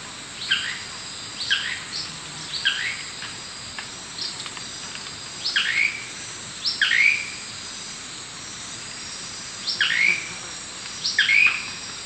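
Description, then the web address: Blue-crowned manakin song: brief burry downward-sweeping notes repeated at irregular intervals against a steady insect drone. Eastern lowlands of South America. "S America Eastern Lowlands Lepidothrix coronata, song"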